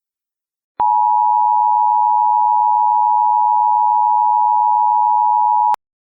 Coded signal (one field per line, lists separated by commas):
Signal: Emergency Alert System (SAME) tones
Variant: 853 and 960 Hz attention tone